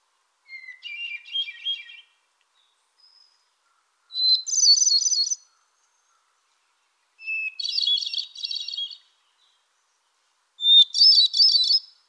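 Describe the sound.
Solitaire delivering four phrases about three seconds apart. Each is a short clean whistle followed by a dense, fluty, trilling cascade, with a silent background between.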